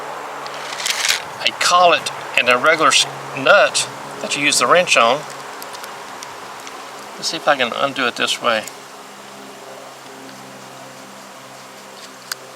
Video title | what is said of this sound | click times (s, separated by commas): RYOBI Rotary Tool FVM51 Lithium Battery With Awful Quick Change Not A Dremel | Okay, there we go. That is locked into place. | 12.3 s